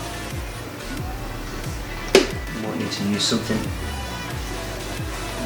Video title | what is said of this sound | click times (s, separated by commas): FD3S AEM smart coil and pnp harness install from DM-Motorsport | better than most you there you are that's clicked in | 2.1 s